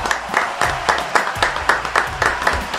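An audience applauds the winner of a music contest, who won with 34 votes, a dense wash of clapping with sharper claps standing out at a quick, fairly steady pace. It stays moderately loud throughout, with no voices over it.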